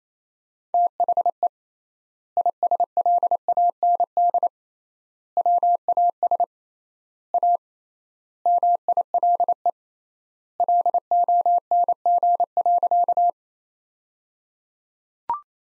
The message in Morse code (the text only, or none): THE ISLAND WAS A MILE LONG.